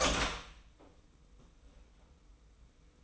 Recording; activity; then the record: daily activity, microphone in the room; open door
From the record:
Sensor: 1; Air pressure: 990.4 hPa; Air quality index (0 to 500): 155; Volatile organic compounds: 1000 ppm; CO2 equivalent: 5611 ppm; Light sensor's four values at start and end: 33/75/33/35 and 33/74/32/35